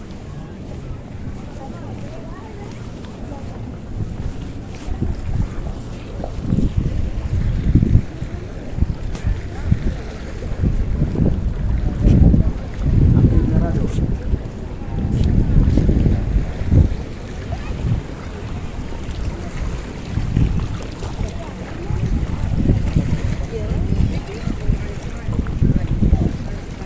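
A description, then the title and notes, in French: A sound walk in Cadaquès: a constant low rumble with irregular thumps and surges, faint voices, and gusts through the whole stretch. Balade à Cadaquès. Juste une ballade sonore à cadaquès.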